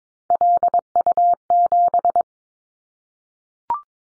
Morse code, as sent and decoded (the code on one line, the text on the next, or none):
.-.. ..- --...
LU7